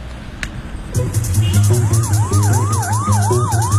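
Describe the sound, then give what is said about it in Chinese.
A police car siren wails in quick, repeating up-and-down sweeps over a steady low engine rumble, starting loud after a brief stretch of quieter background noise. The police car is returning from Nantong after eight in the evening to a public security bureau compound. “晚上八点多钟，从南通回来的乔丽娜、丁小军带着罗秀成从警车上下来，苗振早已在公安局大院里等候着，现在对象一到，他们立即对罗秀成进行讯问。”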